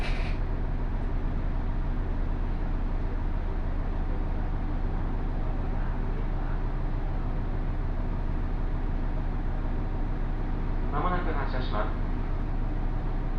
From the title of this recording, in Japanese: 高山本線普通 上呂→下油井